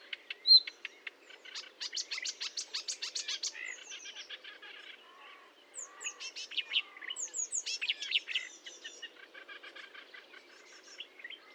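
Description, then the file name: Marsh warbler song, a busy run of rattling trills, buzzy phrases and high chattering notes, with a few soft lower notes in the middle. Recorded at Fontaine-Française, Fourneau, on 1 June 2022 at 10:55, using Nagra and Telinga equipment. "Rousserolle verderolle 20220601 1055 Fontaine-Francaise-Fourneau-Nagra-Telinga"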